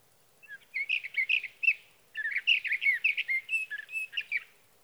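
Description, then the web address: Sage thrasher song in two bursts of rapid jumbled warbling separated by a brief pause, with varied slurred and buzzy notes. "birdsongforthecurious Sage Thrasher"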